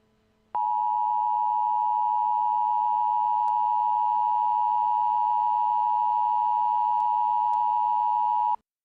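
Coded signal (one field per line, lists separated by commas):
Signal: Emergency Alert System (SAME) tones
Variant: 853 and 960 Hz attention tone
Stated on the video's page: Mock EAS alert for an airplane disaster.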